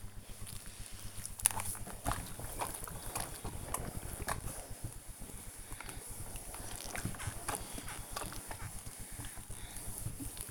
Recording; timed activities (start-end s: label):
household activities, microphone on the right wrist
0.00-10.51 s: ironing laundry